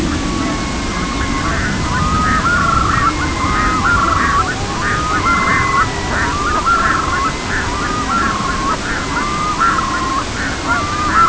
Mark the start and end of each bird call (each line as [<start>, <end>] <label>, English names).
[0.01, 11.29] Red-throated Loon
[5.02, 6.09] Pectoral Sandpiper